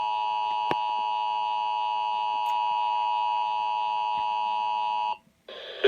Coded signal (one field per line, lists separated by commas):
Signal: Emergency Alert System (SAME) tones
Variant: 853 and 960 Hz attention tone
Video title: THIS NEEDS TO STOP Child Abduction Emergency on 101.9 the Bull EAS #007